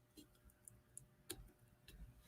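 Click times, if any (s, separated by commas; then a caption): 1.0 s, 1.3 s. A DIP integrated circuit chip is lined up notch-to-notch with its chip carrier (IC socket) on a synth circuit board and pressed in. Faint ticks lead into two sharp clicks at 1.0 s and 1.3 s as the chip snaps into the socket and seats. A softer knock follows at 1.9 s.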